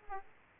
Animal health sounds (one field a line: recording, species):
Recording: mosquito wingbeat signal from an infrared sensor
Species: Aedes aegypti